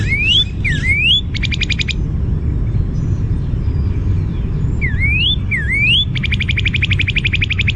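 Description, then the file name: Northern cardinal song given twice: paired slurred whistles followed by a quick trill, with low background noise throughout. "NOCA song"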